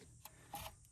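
A distributor is worked down into the engine block of a 1962 International C-100 six-cylinder until its drive engages. A faint, short metallic knock at 0.3 s marks it dropping into place and sitting fully seated. A longer, louder scraping burst follows from about 0.5 to 0.7 s over a low background hum.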